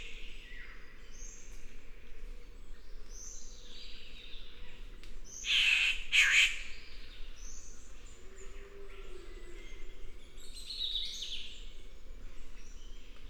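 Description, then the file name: Victoria's riflebird call: a single harsh, rasping double burst midway, with faint whistles and chirps around it. "Ptiloris Victoriae"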